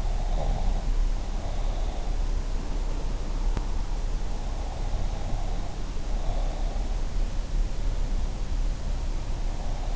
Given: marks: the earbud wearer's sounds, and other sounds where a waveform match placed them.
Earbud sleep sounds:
sounds in sleep by an in-ear microphone; breath
0.00-2.08 s: breath
4.43-6.84 s: breath

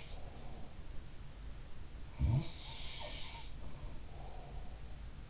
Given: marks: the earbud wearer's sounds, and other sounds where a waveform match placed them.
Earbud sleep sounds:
sounds in sleep by an in-ear microphone; breath
0.00-1.02 s: breath
1.97-4.94 s: sound from someone else or the room
3.65-4.94 s: breath

